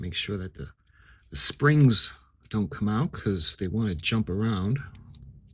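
A plastic, spring-loaded cap is handled onto the frame of an Eaglemoss U.S.S. Enterprise NCC-1701-D build model, with care taken to keep its small springs from jumping out. Someone talks throughout. Nothing has seated or clicked yet.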